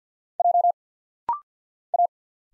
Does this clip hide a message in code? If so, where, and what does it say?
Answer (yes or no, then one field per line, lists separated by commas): yes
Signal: Morse code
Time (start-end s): 0.4-2.1 s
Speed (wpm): 50 wpm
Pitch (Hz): 700 Hz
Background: none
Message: J A